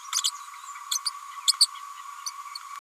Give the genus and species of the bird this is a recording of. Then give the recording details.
Forpus passerinus. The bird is a female. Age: 31 days. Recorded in a nest box in Venezuela. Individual 17B102A6